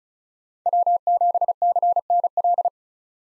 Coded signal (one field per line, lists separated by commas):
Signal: Morse code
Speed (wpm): 34 wpm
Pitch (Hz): 700 Hz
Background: none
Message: W7CNL